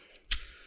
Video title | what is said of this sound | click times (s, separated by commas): Klein Tools Loose Cable Stapler - Don't Waste Your Money | it clicks into place. | 0.3 s